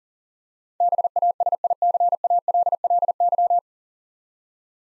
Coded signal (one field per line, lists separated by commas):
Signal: Morse code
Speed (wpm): 37 wpm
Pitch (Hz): 700 Hz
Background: none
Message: BASICALLY